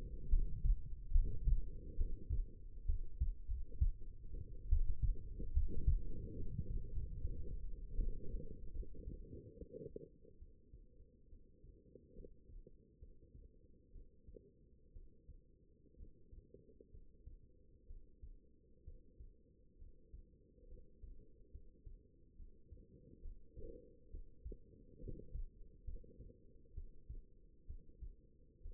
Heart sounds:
heart sounds by stethoscope; 68 bpm
0.28 s: heartbeat
1.11 s: heartbeat
1.96 s: heartbeat
2.85 s: heartbeat
3.46 s: heartbeat
4.68 s: heartbeat
5.52 s: heartbeat
6.35 s: heartbeat
6.91 s: heartbeat
7.95 s: heartbeat
8.72 s: heartbeat
9.53 s: heartbeat
10.38 s: heartbeat
11.28 s: heartbeat
12.13 s: heartbeat
12.98 s: heartbeat
13.92 s: heartbeat
14.92 s: heartbeat
15.96 s: heartbeat
16.90 s: heartbeat
17.86 s: heartbeat
18.83 s: heartbeat
19.77 s: heartbeat
20.67 s: heartbeat
21.50 s: heartbeat
22.35 s: heartbeat
23.21 s: heartbeat
24.10 s: heartbeat
24.99 s: heartbeat
25.84 s: heartbeat
26.73 s: heartbeat
27.66 s: heartbeat
28.61 s: heartbeat
From the record:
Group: healthy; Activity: cold pressor test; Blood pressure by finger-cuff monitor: 116/74 mmHg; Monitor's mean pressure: 84 mmHg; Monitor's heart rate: 67 bpm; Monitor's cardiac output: 5.3 L/min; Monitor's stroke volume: 77 mL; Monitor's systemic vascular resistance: 1140 dyn s/cm5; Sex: female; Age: 22 years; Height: 171 cm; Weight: 65.6 kg

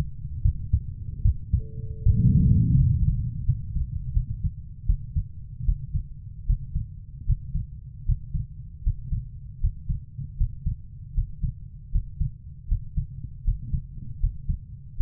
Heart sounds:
heart sounds by stethoscope; 78 bpm
0.42 s: heartbeat
1.22 s: heartbeat
2.03 s: heartbeat
2.77 s: heartbeat
3.45 s: heartbeat
4.13 s: heartbeat
4.86 s: heartbeat
5.65 s: heartbeat
6.46 s: heartbeat
7.26 s: heartbeat
8.05 s: heartbeat
8.83 s: heartbeat
9.60 s: heartbeat
10.37 s: heartbeat
11.14 s: heartbeat
11.91 s: heartbeat
12.68 s: heartbeat
13.44 s: heartbeat
14.20 s: heartbeat
14.96 s: heartbeat
From the record:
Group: healthy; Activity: rest 0-4 s, Valsalva maneuver 4-15 s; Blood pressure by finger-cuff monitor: 124/76 mmHg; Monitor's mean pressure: 91 mmHg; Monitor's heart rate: 77 bpm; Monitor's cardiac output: 6.5 L/min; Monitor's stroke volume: 80 mL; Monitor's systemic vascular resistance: 1070 dyn s/cm5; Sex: female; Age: 24 years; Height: 163 cm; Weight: 55.7 kg

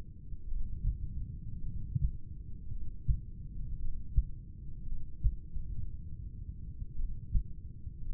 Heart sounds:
heart sounds by stethoscope; 56 bpm
0.49 s: heartbeat
1.63 s: heartbeat
2.68 s: heartbeat
3.77 s: heartbeat
4.84 s: heartbeat
5.52 s: heartbeat
6.97 s: heartbeat
8.01 s: heartbeat
From the record:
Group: heart failure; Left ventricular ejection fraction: 24%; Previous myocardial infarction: absent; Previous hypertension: absent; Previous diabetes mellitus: absent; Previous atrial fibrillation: present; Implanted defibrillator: absent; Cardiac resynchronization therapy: absent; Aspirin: absent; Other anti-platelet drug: absent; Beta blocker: bisoprolol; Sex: male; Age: 75 years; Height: 174 cm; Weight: 77 kg

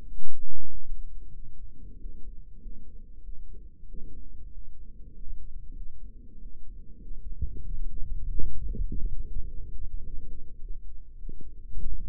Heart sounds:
heart sounds by microphone in the right ear; 97 bpm
0.05 s: heartbeat
0.67 s: heartbeat
1.31 s: heartbeat
1.97 s: heartbeat
2.58 s: heartbeat
3.21 s: heartbeat
3.86 s: heartbeat
4.50 s: heartbeat
5.11 s: heartbeat
5.74 s: heartbeat
6.38 s: heartbeat
6.99 s: heartbeat
7.62 s: heartbeat
8.26 s: heartbeat
8.87 s: heartbeat
9.46 s: heartbeat
10.02 s: heartbeat
10.58 s: heartbeat
11.16 s: heartbeat
11.77 s: heartbeat
From the record:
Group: healthy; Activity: rest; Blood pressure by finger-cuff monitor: 100/63 mmHg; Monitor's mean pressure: 73 mmHg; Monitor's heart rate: 97 bpm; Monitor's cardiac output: 6.2 L/min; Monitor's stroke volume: 64 mL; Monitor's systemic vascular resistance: 850 dyn s/cm5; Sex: male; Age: 22 years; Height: 181 cm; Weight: 60 kg

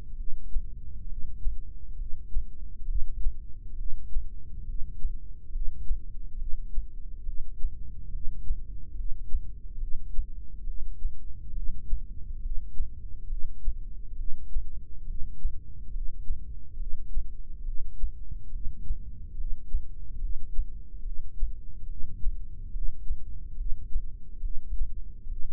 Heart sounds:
heart sounds by microphone in the left ear; 69 bpm
0.18 s: heartbeat
1.09 s: heartbeat
1.99 s: heartbeat
2.88 s: heartbeat
3.78 s: heartbeat
4.67 s: heartbeat
5.53 s: heartbeat
6.39 s: heartbeat
7.26 s: heartbeat
8.13 s: heartbeat
8.97 s: heartbeat
9.80 s: heartbeat
10.67 s: heartbeat
11.55 s: heartbeat
12.43 s: heartbeat
13.30 s: heartbeat
14.18 s: heartbeat
15.08 s: heartbeat
15.94 s: heartbeat
16.79 s: heartbeat
17.66 s: heartbeat
18.53 s: heartbeat
19.38 s: heartbeat
20.21 s: heartbeat
21.05 s: heartbeat
21.89 s: heartbeat
22.73 s: heartbeat
23.58 s: heartbeat
24.43 s: heartbeat
25.30 s: heartbeat
From the record:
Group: heart failure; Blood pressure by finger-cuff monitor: 137/97 mmHg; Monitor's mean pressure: 112 mmHg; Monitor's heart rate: 69 bpm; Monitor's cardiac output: 6.1 L/min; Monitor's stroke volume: 90 mL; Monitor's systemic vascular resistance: 1370 dyn s/cm5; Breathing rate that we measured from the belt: 17 breaths a minute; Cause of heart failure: idiopathic cardiomyopathy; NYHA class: 1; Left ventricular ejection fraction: 50%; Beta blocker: bisoprolol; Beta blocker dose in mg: 5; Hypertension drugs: candesartan, spironolactone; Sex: male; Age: 54 years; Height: 180 cm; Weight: 94.6 kg

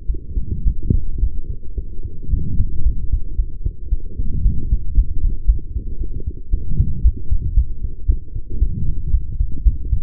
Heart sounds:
heart sounds by stethoscope; 113 bpm
0.07 s: heartbeat
0.64 s: heartbeat
1.20 s: heartbeat
1.75 s: heartbeat
2.30 s: heartbeat
2.84 s: heartbeat
3.36 s: heartbeat
3.90 s: heartbeat
4.43 s: heartbeat
4.95 s: heartbeat
5.46 s: heartbeat
5.98 s: heartbeat
6.51 s: heartbeat
7.03 s: heartbeat
7.55 s: heartbeat
8.06 s: heartbeat
8.59 s: heartbeat
9.11 s: heartbeat
9.63 s: heartbeat
From the record:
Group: healthy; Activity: light exercise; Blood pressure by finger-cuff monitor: 116/93 mmHg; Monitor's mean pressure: 101 mmHg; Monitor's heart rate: 113 bpm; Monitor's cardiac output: 7.2 L/min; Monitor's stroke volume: 61 mL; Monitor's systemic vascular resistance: 1060 dyn s/cm5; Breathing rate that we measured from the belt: 31 breaths a minute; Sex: female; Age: 23 years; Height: 160 cm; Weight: 50.4 kg

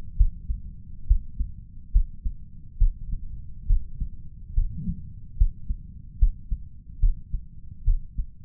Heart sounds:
heart sounds by stethoscope; 70 bpm
0.16 s: heartbeat
1.06 s: heartbeat
1.92 s: heartbeat
2.78 s: heartbeat
3.66 s: heartbeat
4.54 s: heartbeat
5.37 s: heartbeat
6.18 s: heartbeat
6.99 s: heartbeat
7.84 s: heartbeat
From the record:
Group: healthy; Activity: rest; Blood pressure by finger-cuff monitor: 104/69 mmHg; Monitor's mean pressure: 82 mmHg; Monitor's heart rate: 70 bpm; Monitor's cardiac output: 5.3 L/min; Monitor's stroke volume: 79 mL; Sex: male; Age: 35 years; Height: 178 cm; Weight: 64 kg

